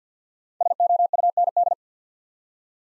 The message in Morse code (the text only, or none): SOUND